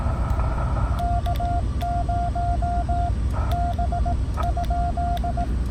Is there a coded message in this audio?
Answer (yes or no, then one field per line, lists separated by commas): yes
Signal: Morse code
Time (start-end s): 1.0-5.4 s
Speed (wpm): 18 wpm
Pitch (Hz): 700 Hz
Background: none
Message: K0 B ?